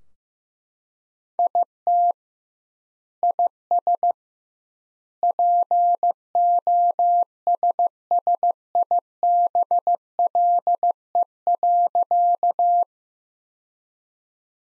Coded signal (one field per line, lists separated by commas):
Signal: Morse code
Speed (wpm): 16 wpm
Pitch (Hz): 700 Hz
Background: none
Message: IT IS POSSIBLE.